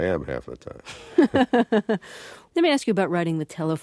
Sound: soundbite of laughter

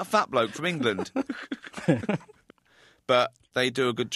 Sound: soundbite of laughter

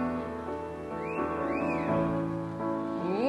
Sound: soundbite of whistle

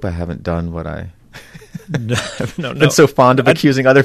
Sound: laughter

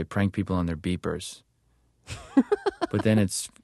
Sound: soundbite of laughter

